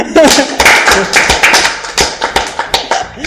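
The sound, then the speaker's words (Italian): A burst of applause from a group of people: dense, irregular hand claps overlapping steadily at a lively level for a few seconds, with a faint murmur of voices underneath. “Un applauso!”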